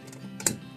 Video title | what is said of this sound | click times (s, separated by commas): NİSSAN NOTE (2004-2013) FAR AMPULÜ DEĞİŞİMİ NASIL YAPILIR? #araba #automobile #nissannote #nissan | diye ses geldi Bakın oturttuk | 0.5 s